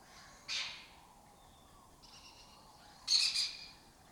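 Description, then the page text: Lesser kestrel with two harsh, raspy bursts about two and a half seconds apart, and a faint, thin call between them. Breeding colony in an abandoned building complex in Doñana, southern Europe; migratory raptor that forages in West Africa. "Lesser Kestrels Took Over an Abandoned Building. Here in Doñana"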